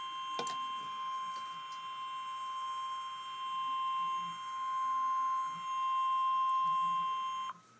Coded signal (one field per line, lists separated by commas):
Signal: Emergency Alert System (SAME) tones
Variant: 1050 Hz attention tone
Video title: REAL EAS 598-Severe thunderstorm warning